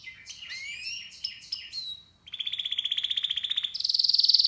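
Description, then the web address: Canary song: sliding whistled notes and sweeps give way to fast rattling trills, a steady mid-pitched roll, then a higher, sharper buzzing trill. "Music Canary Canary Singing"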